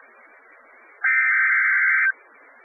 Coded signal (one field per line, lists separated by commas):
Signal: Emergency Alert System (SAME) tones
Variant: header bursts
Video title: Special Marine Warning for Jupiter Inlet and Flagler Beach (EAS #6)